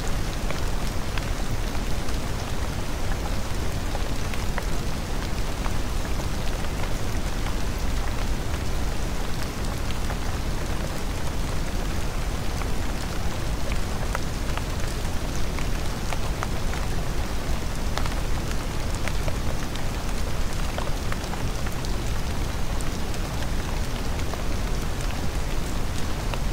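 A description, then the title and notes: Gentle rain falls steadily, a dense, even hiss that fills the whole clip without letting up. Scattered brighter drops tick through it at irregular moments, and a soft low rumble sits underneath, with no other sounds standing out. 1 hour of gentle rain noise to help you relax.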